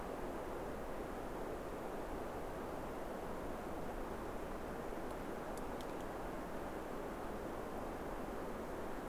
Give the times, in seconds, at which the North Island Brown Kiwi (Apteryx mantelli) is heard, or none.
none